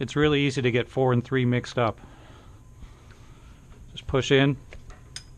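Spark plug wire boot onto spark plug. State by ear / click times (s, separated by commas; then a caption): seated / 5.2 s. A rubber spark plug wire boot on a 2002–2006 MINI Cooper (R50–R53) is pushed down onto the spark plug in the cylinder head while someone talks. After a quieter stretch of handling noise, a sharp click at 5.2 seconds marks the boot seating on the plug.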